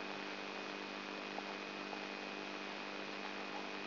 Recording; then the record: brain microelectrode recording played as sound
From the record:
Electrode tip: inside the subthalamic nucleus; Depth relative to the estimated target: 0 mm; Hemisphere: right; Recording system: AlphaMap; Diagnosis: Parkinson's disease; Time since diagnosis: 12 years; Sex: female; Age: 59 years